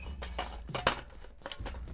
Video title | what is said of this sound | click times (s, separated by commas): Godox SL60W: My Main YouTube Light (2020) | Put it in, twist till you hear that clicking sound. There we go. | 0.9 s